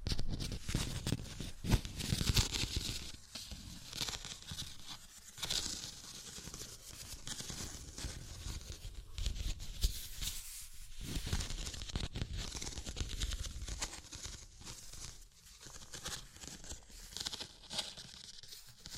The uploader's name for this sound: Tapping, Scratching, Tracing and Panning